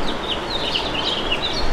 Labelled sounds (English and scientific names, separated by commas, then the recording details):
House Finch (Haemorhous mexicanus) song
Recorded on Long Island, New York, on 11 June 2012
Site OP
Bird B